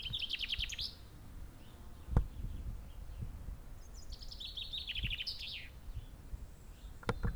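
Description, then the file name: Common chaffinch song, two rattling phrases ending in a flourish, a few seconds apart, with sharp knocks between and after. "Fringilla coelebs"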